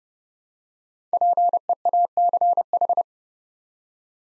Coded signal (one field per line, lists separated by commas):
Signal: Morse code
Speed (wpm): 30 wpm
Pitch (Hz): 700 Hz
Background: none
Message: PEACH